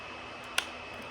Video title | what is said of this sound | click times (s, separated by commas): Lego Desert Eagle 44 Magnum Replica | there we go that nice click that's nice and it should | 0.6 s